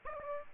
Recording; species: mosquito wingbeat signal from an infrared sensor; Aedes aegypti